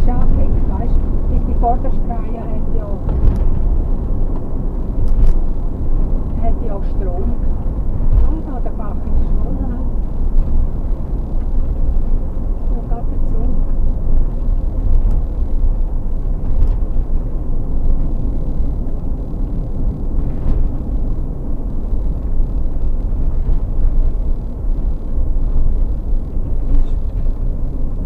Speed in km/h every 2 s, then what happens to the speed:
70, 68, 66, 64, 62, 59, 59, 57, 55, 51, 51, 50, 48, 46.
0-28 slows to 46.